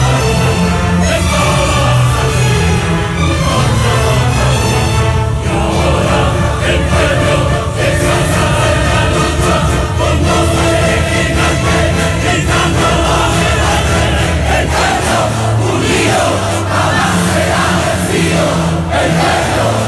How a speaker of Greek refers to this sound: Παίζει λοιπόν αυτό το κομμάτι με αναφορές στην εποχή του Αλιέντε και στη Χούντα που ήρθε αμέσως μετά. Και αμέσως αρχίζει ο κόσμος να το τραγουδάει. Μαζί με υψωμένες γροθιές, με πάθος, με ορμή, με ψυχή, τραγουδάνε αυτό το τραγούδι.